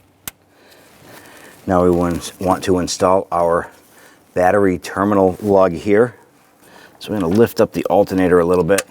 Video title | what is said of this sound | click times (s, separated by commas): How to Replace Alternator 2011-2021 Jeep Grand Cherokee 3.6L V6 | to feel it and here it snap in and then press that red lock tab down | 0.3 s